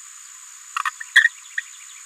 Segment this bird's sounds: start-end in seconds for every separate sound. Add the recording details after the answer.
0.76-0.79, 1.16-1.24, 1.57-1.60. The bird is a female. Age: 27 days. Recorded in a nest box in Venezuela. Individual 17B73B2